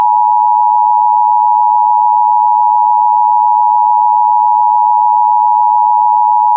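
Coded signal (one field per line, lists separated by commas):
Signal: Emergency Alert System (SAME) tones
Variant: 853 and 960 Hz attention tone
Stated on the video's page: Fictional EAS scenario, self-made.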